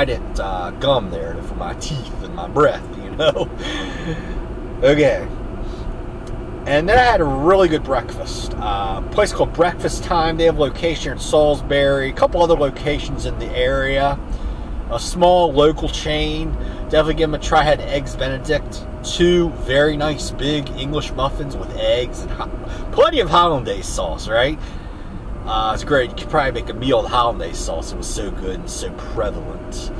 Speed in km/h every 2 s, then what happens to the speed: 66, 66, 66, 68, 68, 68, 68, 64, 63, 63, 63, 64, 61, 63, 64.
0-30 steady at about 64.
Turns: none.